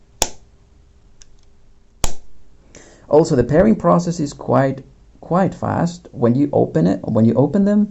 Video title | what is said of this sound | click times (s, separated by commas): Fiil T1XS Full review, Great value TWS pair! | and listen to this it's a nice and satisfying snapping | 0.2 s, 2.0 s